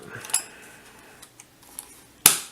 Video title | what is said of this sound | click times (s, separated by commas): Antique Folding Medium Format Film Camera Tutorial - Forward Film Camera and Vintage Channel | it clicks then | 2.3 s